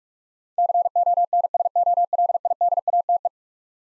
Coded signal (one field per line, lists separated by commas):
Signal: Morse code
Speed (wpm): 46 wpm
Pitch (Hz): 700 Hz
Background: none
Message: CONSOLIDATE